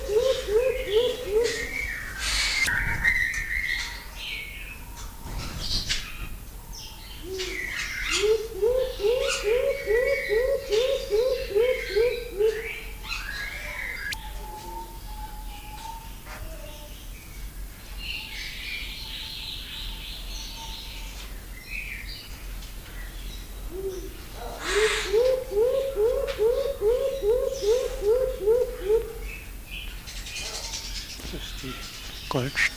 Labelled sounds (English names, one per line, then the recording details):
Orange-fronted Fruit Dove song
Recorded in captivity
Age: adult
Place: Zoo Berlin, Berlin, DE
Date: 2001-12-21 16:30
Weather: overcast, 2°C
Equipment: Marantz CP 130, Sennheiser MKH 416, Kopie Uher 4000 Report Monitor
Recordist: Tembrock, Günter
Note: Lautfolgen